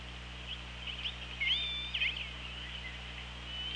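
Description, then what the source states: Orca calls: a quick run of squeaky, upswept harmonic calls and a brief level whistle, tapering off, against steady hiss and low hum. OrcaLab hydrophone, 24 August 2017, 15:37:19.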